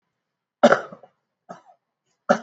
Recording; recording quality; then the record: heavy voluntary cough; excellent, no background noise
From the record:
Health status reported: exposed to COVID-19, no respiratory illness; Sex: male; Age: 31 years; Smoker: yes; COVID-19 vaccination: both doses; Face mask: worn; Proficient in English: yes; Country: India